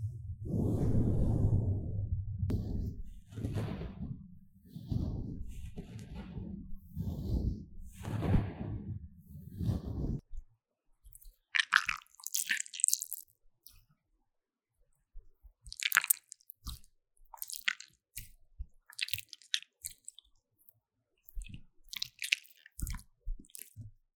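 Slime is squished and slapped in a steady run of thick, low squelches, about one every second, for the first ten seconds. After that the sound turns thinner and brighter. Short wet clicks and sticky pops come in scattered clusters with silent gaps between them.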